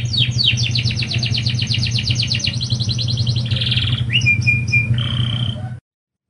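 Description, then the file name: Lancashire canary singing a rapid series of bright repeated notes, then a buzzy burst and clear whistles, with a constant low hum behind. "kenari lancashire"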